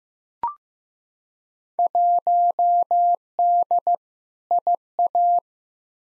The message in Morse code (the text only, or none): 1D IA